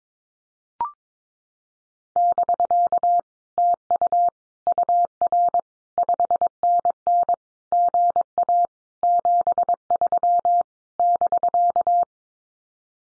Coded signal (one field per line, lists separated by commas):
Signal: Morse code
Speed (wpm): 22 wpm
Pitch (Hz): 700 Hz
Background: none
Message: <BK> TU UR 5NN GA 73 <BK>